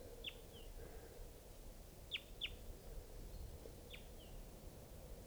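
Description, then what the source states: Crossbill calls, a few short sharp downslurred chips, some in quick pairs, over steady low background rumble. Wild bird, recorded at Tucson; the bird was not seen.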